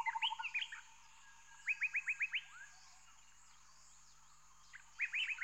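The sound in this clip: Rainforest birds chattering in short bursts of quick rising chirps, several notes each, separated by pauses, with a brief fast pulsed series at the start and steady background hiss.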